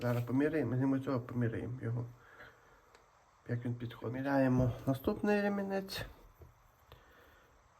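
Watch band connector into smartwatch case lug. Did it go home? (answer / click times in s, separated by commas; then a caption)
yes / 6.9 s. Someone talks while removing one strap and sliding a nylon watch band's end connector into the lug slot of an Apple Watch case. A short, sharp click at 6.9 s marks the connector snapping and locking into the lug.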